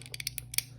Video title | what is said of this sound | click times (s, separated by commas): New 100% non-metallic Multitool from G3D Printables (Naming contest/GAW) | That snaps into place. There's no way that's coming out by accident. | 0.6 s